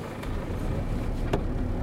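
A car rolls slowly up to a porch after a barrier is opened for it on avenue France Fanon, its engine a steady low rumble throughout, with a couple of brief faint ticks over the drone and no one speaking.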